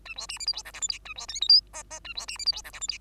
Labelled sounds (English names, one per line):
Bengalese Finch song